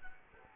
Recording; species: mosquito wingbeat signal from an infrared sensor; Culex quinquefasciatus